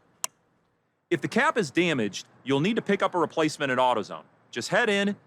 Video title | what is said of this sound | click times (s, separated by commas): Check Your Gas Cap | put it back in the tube and twist it until it clicks a few times like this | 0.2 s